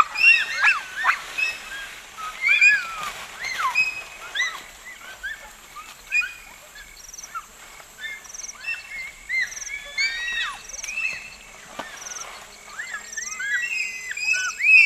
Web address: bonobo